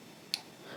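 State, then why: Torque reached. A screw gauge's ratchet is turned to close the spindle onto a thin metal sample wire between its two studs, giving a single sharp click at 0.3 s over quiet background noise. The click shows the wire is now gripped and set between the studs.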